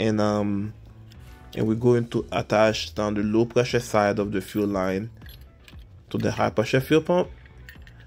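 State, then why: Seated. On a 2019-or-later Chevy/GMC truck or SUV, the low-pressure fuel line's quick connector is pushed onto the high-pressure fuel pump inlet during a pump replacement. Someone talks, then the connector clicks at 7.7 seconds as it fully seats, confirming a good connection.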